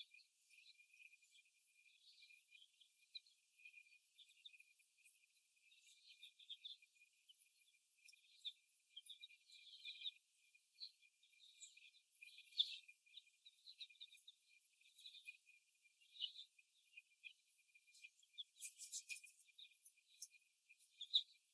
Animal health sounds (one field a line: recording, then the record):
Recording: young laying hens in a cage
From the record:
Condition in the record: before the stressor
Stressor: simulated dog barking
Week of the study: 1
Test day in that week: 1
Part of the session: 2